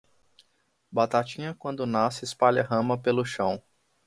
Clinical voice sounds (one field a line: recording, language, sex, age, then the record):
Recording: short text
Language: Brazilian Portuguese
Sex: male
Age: 20 to 29 years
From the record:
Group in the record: control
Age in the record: 29 years